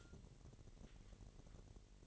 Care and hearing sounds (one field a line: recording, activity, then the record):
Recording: daily activity, microphone in the room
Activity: take from stove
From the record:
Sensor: 4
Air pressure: 1012.8 hPa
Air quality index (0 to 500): 239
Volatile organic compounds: 4 ppm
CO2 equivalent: 1587 ppm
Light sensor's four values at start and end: 25/60/25/25 and 25/60/25/25